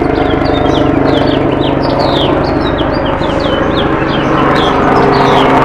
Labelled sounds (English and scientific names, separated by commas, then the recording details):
House Finch (Haemorhous mexicanus) song
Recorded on Long Island, New York, on 10 June 2012
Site BR
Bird B